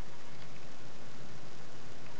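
The right MMCX cable connector is held and lined up against the socket of a VSonic in-ear monitor earpiece, ready to be pushed home. Only a steady, faint hiss with a low hum is heard, with no sharp sounds. Nothing has snapped or seated yet.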